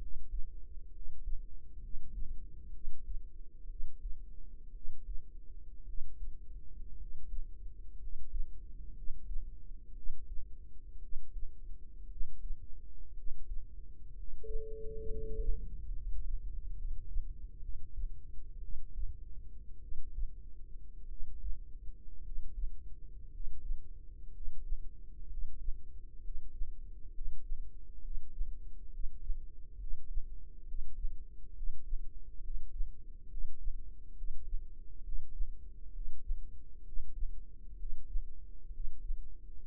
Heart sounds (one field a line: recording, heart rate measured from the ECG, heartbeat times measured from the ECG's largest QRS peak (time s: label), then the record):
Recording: heart sounds by microphone in the right ear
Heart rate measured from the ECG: 62 bpm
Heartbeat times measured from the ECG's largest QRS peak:
0.89 s: heartbeat
1.78 s: heartbeat
2.69 s: heartbeat
3.65 s: heartbeat
4.70 s: heartbeat
5.83 s: heartbeat
6.95 s: heartbeat
7.96 s: heartbeat
8.91 s: heartbeat
9.91 s: heartbeat
10.98 s: heartbeat
12.05 s: heartbeat
13.12 s: heartbeat
14.12 s: heartbeat
15.05 s: heartbeat
15.91 s: heartbeat
16.74 s: heartbeat
17.59 s: heartbeat
18.59 s: heartbeat
19.78 s: heartbeat
21.06 s: heartbeat
22.21 s: heartbeat
23.28 s: heartbeat
24.29 s: heartbeat
25.26 s: heartbeat
26.19 s: heartbeat
27.10 s: heartbeat
27.99 s: heartbeat
28.88 s: heartbeat
29.75 s: heartbeat
30.63 s: heartbeat
31.52 s: heartbeat
32.39 s: heartbeat
33.26 s: heartbeat
34.12 s: heartbeat
35.00 s: heartbeat
35.89 s: heartbeat
36.81 s: heartbeat
37.74 s: heartbeat
38.69 s: heartbeat
39.63 s: heartbeat
From the record:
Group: healthy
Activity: rest 0-15 s, breath hold 15-40 s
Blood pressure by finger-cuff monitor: 102/54 mmHg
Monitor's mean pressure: 66 mmHg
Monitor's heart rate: 62 bpm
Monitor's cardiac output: 5.2 L/min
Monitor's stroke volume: 85 mL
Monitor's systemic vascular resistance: 930 dyn s/cm5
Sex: male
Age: 25 years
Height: 170 cm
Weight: 70.4 kg